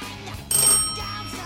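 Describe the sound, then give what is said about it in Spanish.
A grandmother's mobile phone ringtone mimicking an old landline bell, a bright metallic trill with high tonal lines that starts abruptly and rings steadily, fairly loud. “Es que le suena como a fijo.”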